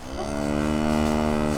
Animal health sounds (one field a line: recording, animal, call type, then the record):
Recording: contact call of a hoofed animal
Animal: cattle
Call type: low-frequency (closed-mouth) or high-frequency (open-mouth) call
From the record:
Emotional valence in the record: negative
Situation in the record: physical separation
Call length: 1.58 s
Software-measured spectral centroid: 2520 Hz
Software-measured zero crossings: 1690 a second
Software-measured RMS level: -24 dBFS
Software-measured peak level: -9 dBFS